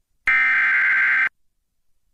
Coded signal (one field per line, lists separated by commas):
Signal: Emergency Alert System (SAME) tones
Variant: header bursts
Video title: Eas alarm while airing vocabularry/pipkins